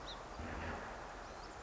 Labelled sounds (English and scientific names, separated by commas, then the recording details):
Song Sparrow (Melospiza melodia)
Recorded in Sonoma County, California